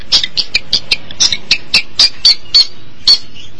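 Long-tailed Shrike song: a quick series of harsh, chipping notes, some with a thin whistled edge.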